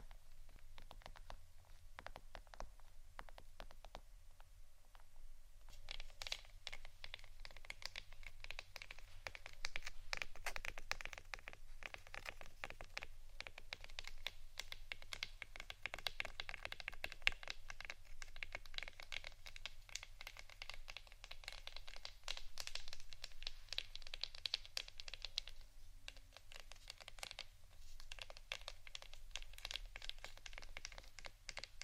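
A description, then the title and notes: Soft tapping runs through almost the whole clip, a dense patter of light, quick taps like fingertips on a keyboard. It starts sparse for the first five seconds, then stays busy and fairly even to the end. A low steady hum sits underneath throughout. ASMR Soft TAPPING for Sleep 3Dio （No Talking）.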